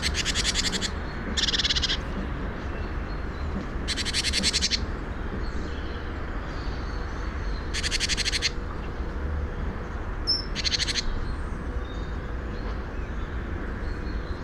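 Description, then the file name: Great tit with repeated harsh, buzzy rattles every few seconds and one or two thin high notes, against a constant low rumbling background. "Parus major"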